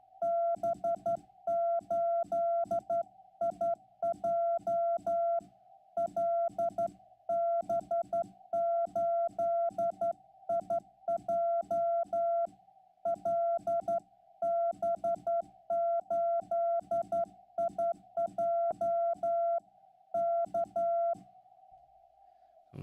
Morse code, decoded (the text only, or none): B8IJ LB8IJ LB8IJ K